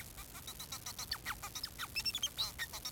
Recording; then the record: song of a male Bengalese finch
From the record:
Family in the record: son of father 4